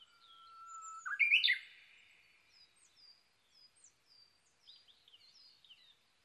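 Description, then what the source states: Japanese bush warbler singing: a long steady whistle swelling before a sudden bright flourish, followed by faint high chirps from other birds. Recorded 22 May 2011 at 05:58.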